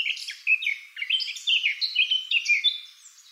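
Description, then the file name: Eurasian blackcap song, a flowing warble of slurred and chirping notes. "Sylvia atricapilla"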